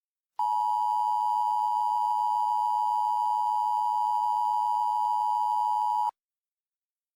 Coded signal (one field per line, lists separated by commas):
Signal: Emergency Alert System (SAME) tones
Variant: 853 and 960 Hz attention tone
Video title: EAS Mock 8: The Caesar Incident